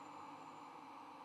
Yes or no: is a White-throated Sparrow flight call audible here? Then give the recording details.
no. No flight call is heard. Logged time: 00:35 on 9 November 2014